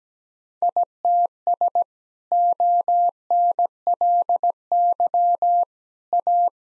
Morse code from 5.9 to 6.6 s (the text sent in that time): A